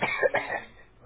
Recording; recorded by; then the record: voluntary cough; telephone call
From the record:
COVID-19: negative